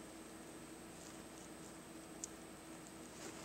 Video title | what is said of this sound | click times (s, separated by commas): Double Cap Rivet for Rivet Stud Setter Hand Press Machine | it'll sort of click into place | 2.2 s